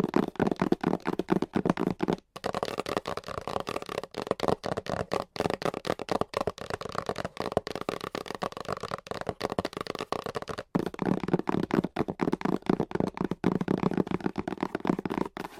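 Fast, aggressive tapping and scratching with nails on different items and mics, a dense, jittery stream of clicks and scrapes with a full, low-middle body. Brief silent breaks cut in near 2 and 11 seconds before the rapid tapping resumes.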